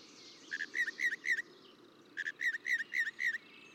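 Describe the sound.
Northern mockingbird song, two bursts of repeated chirped notes, each note given several times quickly, over a noisy hissing background.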